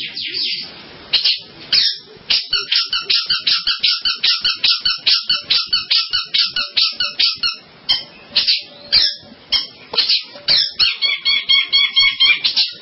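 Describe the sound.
Long-tailed shrike calling a rapid series of harsh, repeated notes, a few per second.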